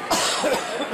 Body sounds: coughing mixed with background sound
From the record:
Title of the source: Spring Allergy Coughing

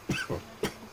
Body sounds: coughing mixed with background sound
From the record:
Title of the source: Dry Afternoon Cough

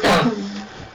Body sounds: coughing mixed with background sound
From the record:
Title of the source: Barking cough - # 10

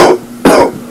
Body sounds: coughing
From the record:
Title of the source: Coughing 77

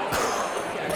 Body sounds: coughing mixed with background sound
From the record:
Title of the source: Coughing 79

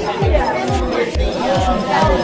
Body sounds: background sound without coughing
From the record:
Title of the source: Nightlife Party Simulating Party Club Noise 1 Hour

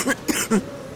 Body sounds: coughing mixed with background sound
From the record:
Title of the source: 30 Chesty and wet cough

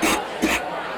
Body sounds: coughing mixed with background sound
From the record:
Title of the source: 61 morning phlegmy cough...again

